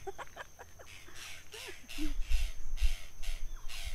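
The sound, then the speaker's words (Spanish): A tacataca bird calls in a steady run of harsh, raspy bursts, roughly two per second, moderately loud over a low rumbling background. “¿Qué pajarito es? Pajarito el tacataca.”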